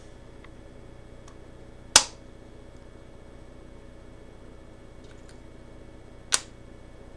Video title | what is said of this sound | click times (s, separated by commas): (Ep 2) PAIN FREE EMGALITY INJECTION LIVE | okay we heard two clicks right | 2.0 s, 6.3 s